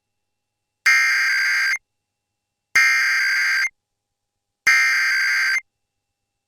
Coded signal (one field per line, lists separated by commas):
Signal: Emergency Alert System (SAME) tones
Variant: header bursts